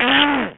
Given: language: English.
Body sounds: throat vibration sensor signal played as sound; throat clearing

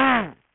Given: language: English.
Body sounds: throat vibration sensor signal played as sound; throat clearing

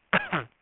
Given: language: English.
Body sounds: throat vibration sensor signal played as sound; cough

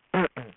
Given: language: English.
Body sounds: throat vibration sensor signal played as sound; throat clearing

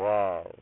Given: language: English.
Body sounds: throat vibration sensor signal played as sound; speech

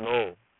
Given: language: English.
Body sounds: throat vibration sensor signal played as sound; speech

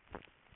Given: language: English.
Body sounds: throat vibration sensor signal played as sound; swallow

